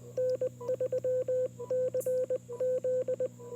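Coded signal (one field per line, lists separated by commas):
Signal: Morse code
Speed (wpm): 20 wpm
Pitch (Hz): 1550 Hz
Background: none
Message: N3CZ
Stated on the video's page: CW during a POTA park activation on a homebrew 20 m QRP transceiver with mini CW key and EFHW antenna.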